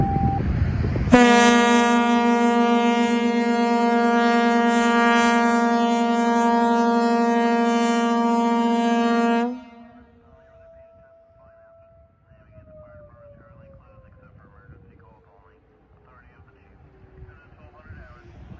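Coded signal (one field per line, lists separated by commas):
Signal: siren signal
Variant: diaphragm horn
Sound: one loud, steady, buzzy horn blast about eight seconds long, then a faint fading tone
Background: outdoor ambience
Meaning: Daily noon test of the fire alarm horns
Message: 1 long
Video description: Amagansett FD HQ Diaphragm horns sounding for the noon test.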